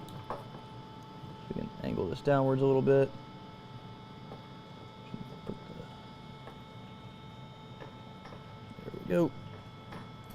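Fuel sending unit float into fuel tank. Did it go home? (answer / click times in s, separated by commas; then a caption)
no / none. The float of a fuel sending unit is angled downward and worked into place inside an S&B 65-gallon replacement fuel tank for a 2001–10 GM Duramax 6.6L LLY, LBZ, LMM, LB7 crew cab long bed, with faint handling taps and rustles under a steady background hum. Someone talks around 2–3 s and again near 9.2 s. Nothing has seated or clicked yet.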